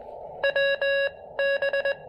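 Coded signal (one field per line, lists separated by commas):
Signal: Morse code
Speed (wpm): 19 wpm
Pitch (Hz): 590 Hz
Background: none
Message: WB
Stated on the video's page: QRP portable POTA park activation with Elecraft KX2 and AX1 antenna on 20 and 17 meters.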